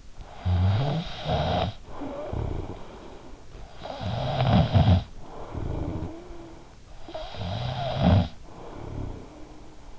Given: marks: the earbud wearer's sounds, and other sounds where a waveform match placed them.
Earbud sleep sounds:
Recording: sounds in sleep by an in-ear microphone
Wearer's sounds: snoring breath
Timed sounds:
0.00-3.42 s: snoring breath
3.57-6.71 s: snoring breath
6.77-9.94 s: snoring breath

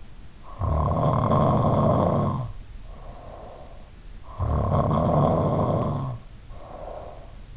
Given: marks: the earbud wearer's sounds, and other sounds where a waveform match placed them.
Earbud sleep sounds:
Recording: sounds in sleep by an in-ear microphone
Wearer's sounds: snoring breath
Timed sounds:
0.49-3.80 s: snoring breath
4.49-7.57 s: snoring breath

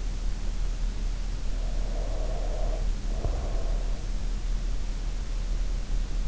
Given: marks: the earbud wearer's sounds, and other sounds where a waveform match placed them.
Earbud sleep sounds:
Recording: sounds in sleep by an in-ear microphone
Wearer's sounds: breath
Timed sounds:
1.65-4.25 s: breath

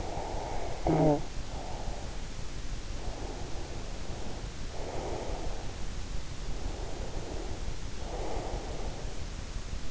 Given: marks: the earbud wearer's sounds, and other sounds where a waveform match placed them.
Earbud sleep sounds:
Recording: sounds in sleep by an in-ear microphone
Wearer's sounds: breath, talking in sleep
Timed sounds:
0.00-2.29 s: breath
0.71-1.37 s: talking in sleep
3.07-5.75 s: breath
6.74-9.22 s: breath

